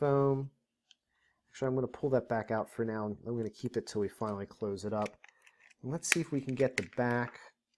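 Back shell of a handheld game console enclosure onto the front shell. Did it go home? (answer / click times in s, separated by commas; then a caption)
no / none. Someone talks while handling the plastic back shell of a handheld game console enclosure, getting ready to fit it onto the front shell, with a brief faint tick near 0.9 s. Nothing has seated or clicked into place yet.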